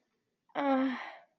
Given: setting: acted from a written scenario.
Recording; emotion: vocal sound without words; ecstasy